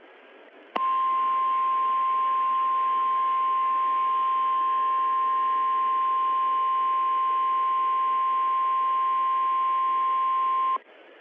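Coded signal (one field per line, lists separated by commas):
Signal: Emergency Alert System (SAME) tones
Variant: 1050 Hz attention tone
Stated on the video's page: Fictional EAS scenario portraying the film's events, with alerts modeled on 2004-era products.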